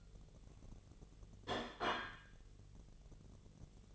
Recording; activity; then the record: daily activity, microphone in the room; place plate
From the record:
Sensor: 4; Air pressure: 1010.2 hPa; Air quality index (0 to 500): 181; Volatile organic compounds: 5 ppm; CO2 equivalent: 1835 ppm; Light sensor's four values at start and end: 31/92/36/36 and 31/92/36/36